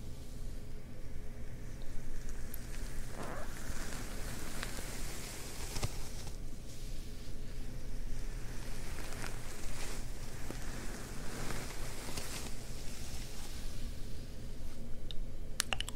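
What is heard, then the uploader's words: Ear massaging and fabric scratching make a dense, steady rustle with soft brushing swells every second or two, over a constant low hum. ASMR Ear Massages + Fabric Scratching on 3DIO.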